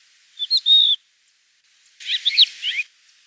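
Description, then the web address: Crested lark calling with short high notes, then a clear drawn-out whistle, followed after a pause by a quick run of slurred, liquid twittering notes. "galerida cristata call"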